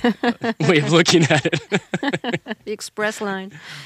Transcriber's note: soundbite of laughter